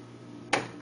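An LED holder with two spring tabs is pushed into a 3/4 inch hole drilled in an aquarium hood. After a low steady hum, a single sharp click sounds at 0.5 s. The tabs spring out and lock the holder in place.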